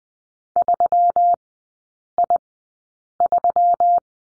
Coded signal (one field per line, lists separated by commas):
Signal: Morse code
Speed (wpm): 20 wpm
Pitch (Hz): 700 Hz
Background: none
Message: 3I3